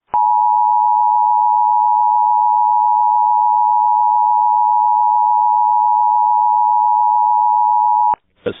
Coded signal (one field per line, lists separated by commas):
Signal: Emergency Alert System (SAME) tones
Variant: 853 and 960 Hz attention tone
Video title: All the rare EAS alerts i got